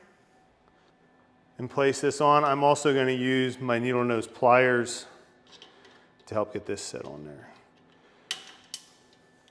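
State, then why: Seated. A metal snap ring is pressed onto the roller bearing axle of an oven trolley with needle-nose pliers while someone talks. Two sharp metallic snaps ring out at 8.3 s and 8.7 s as the ring seats and locks in place on the axle.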